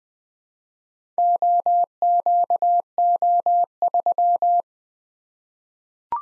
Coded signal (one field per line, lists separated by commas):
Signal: Morse code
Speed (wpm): 20 wpm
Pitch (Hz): 700 Hz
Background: none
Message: OQO3